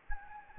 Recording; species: mosquito wingbeat signal from an infrared sensor; Anopheles gambiae